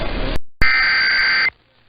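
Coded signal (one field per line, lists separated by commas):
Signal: Emergency Alert System (SAME) tones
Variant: header bursts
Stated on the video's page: Arizona Required Monthly Test run 12 hours late, caught on three Phoenix stations.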